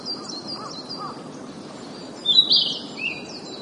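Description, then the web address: Narcissus flycatcher giving a loud, buzzy, slurred high note midway through, with faint repeated high chirps running in the background over a steady low hiss. "albatrusclub kibitaki"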